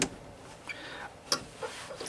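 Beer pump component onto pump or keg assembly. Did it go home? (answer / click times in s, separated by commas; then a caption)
yes / 1.3 s. A second part of an Ice Master beer pump assembly is pushed home onto the pump or keg assembly, with small ticks at 0.0 s and 0.7 s. It clicks into place at 1.3 s and is seated, followed by a strong hit about a second later near the end of the clip.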